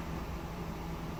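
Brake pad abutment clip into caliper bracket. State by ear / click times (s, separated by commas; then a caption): not seated / none. A metal brake pad abutment (slide) clip is being pushed by hand into the front caliper bracket of a Ram 1500 pickup truck. Only a steady low hum around 150–200 Hz and broad background noise are heard, with no distinct transients. The clip has not yet seated or clicked into place.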